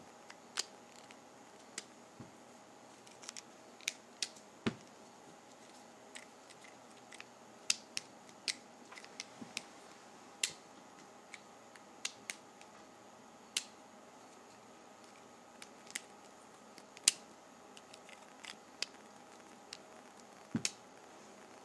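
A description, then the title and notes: Sharpie markers are handled and their caps snapped off in sharp, irregular clicks every second or so, over a faint steady hum. ASMR Opening Sharpies.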